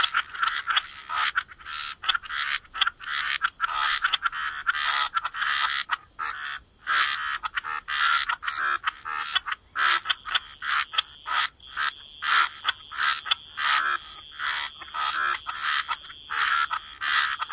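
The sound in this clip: Frogs croaking in a chorus, short rasping bursts tumbling over one another in uneven runs, with brief gaps between clusters and a faint constant hiss.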